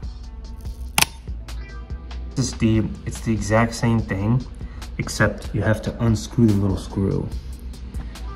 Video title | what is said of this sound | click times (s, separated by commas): NEW Alienware x17 Review - EXPERIENCE! RTX 3070, 8 Core i7 11800h Gaming Laptop Review - BESTBUY | and then close and push down it'll snap into place on its own you'll hear like a little crunching snap sound | 1.0 s